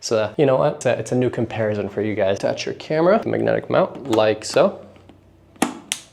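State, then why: Seated. Someone talks, then an action camera is attached to its magnetic quick-release mount. It snaps home with sharp clicks at 5.6 s and 5.9 s, and the camera is secured and good to go.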